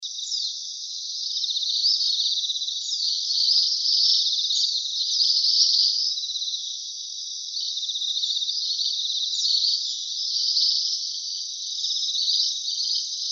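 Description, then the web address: Ashy minivet calls, long run of high rattling, jingling trills with short sharp notes scattered through them. Recorded 2016-09-08. "birdenaga sansyoukui 160908"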